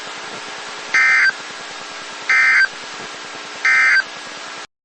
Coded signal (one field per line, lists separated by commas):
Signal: Emergency Alert System (SAME) tones